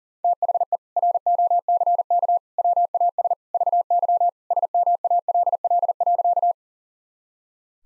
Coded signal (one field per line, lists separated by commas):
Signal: Morse code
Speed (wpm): 40 wpm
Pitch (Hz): 700 Hz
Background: none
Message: THE ROCK WAS VY SMALL.